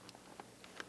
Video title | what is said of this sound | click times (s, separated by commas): Lotus Emira review of STEERING PROBLEMS - can I fix them? | There we go, the clips are in. | 0.8 s